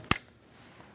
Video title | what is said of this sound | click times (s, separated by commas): How to Replace Vapor Canister Purge Valve 2000-2006 Mini Cooper 1.6L L4 | Make sure you hear that click. | 0.1 s